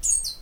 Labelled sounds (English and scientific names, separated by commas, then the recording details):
Stitchbird (Notiomystis cincta) song
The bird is a male
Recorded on Tiritiri Matangi Island, New Zealand, in 2005
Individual 14, of nest box 20